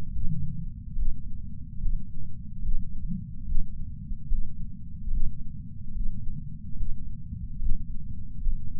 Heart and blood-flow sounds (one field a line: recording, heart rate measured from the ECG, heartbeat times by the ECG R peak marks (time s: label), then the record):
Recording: heart sounds by patch sensor on the chest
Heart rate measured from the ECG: 72 bpm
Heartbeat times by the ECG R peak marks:
0.12 s: heartbeat
0.97 s: heartbeat
1.81 s: heartbeat
2.63 s: heartbeat
3.46 s: heartbeat
4.28 s: heartbeat
5.11 s: heartbeat
5.94 s: heartbeat
6.77 s: heartbeat
7.60 s: heartbeat
8.42 s: heartbeat
From the record:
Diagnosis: coronary artery disease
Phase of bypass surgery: preoperative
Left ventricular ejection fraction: 63%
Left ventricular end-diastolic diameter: 47 mm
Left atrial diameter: 37 mm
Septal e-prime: 4.5 cm/s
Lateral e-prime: 7.1 cm/s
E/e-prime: 8.6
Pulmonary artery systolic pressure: 20 mmHg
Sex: male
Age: 77 years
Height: 160 cm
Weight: 79.5 kg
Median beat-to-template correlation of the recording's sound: 0.81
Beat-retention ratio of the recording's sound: 0.99